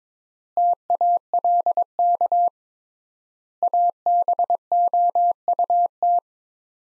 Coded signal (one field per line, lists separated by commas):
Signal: Morse code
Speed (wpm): 22 wpm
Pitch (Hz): 700 Hz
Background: none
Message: TALK ABOUT